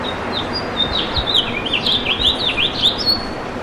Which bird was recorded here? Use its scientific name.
Haemorhous mexicanus